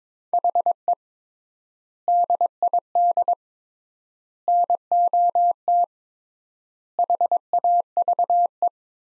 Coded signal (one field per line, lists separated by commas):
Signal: Morse code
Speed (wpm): 21 wpm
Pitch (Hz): 700 Hz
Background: none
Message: HE DID NOT HAVE